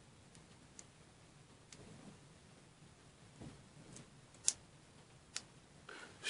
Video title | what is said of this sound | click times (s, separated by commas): USB провод для телефона своими руками/USB wire for phone with own hands | все застегнули посмотрели чтобы все защелки у нас попали в пазы | 4.5 s, 5.4 s